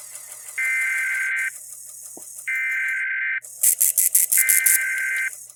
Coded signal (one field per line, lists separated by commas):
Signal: Emergency Alert System (SAME) tones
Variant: header bursts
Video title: USUAL WEEKLIES ARE USUAL. NOAA Weather Radio EAS: Required Weekly Test (EAS #657-658)